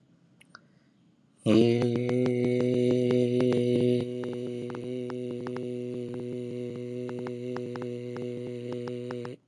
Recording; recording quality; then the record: sustained vowel as in made; excellent, no background noise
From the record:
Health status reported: healthy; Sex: male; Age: 25 years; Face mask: not worn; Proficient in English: yes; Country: India